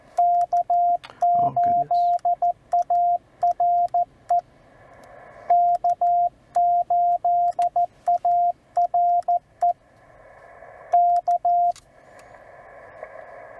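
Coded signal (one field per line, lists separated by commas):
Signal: Morse code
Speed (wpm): 14 wpm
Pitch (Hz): 700 Hz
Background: radio noise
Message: K8ARE K8ARE K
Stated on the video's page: Parks on the Air CW activation producing DX contacts, sent with the host's key on the host's radio and antenna.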